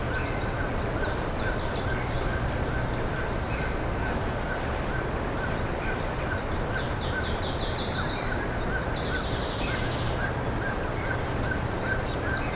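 Birds chirping, dense high twittering notes and a longer trill over a faint repeated mid note and a continuous low hum.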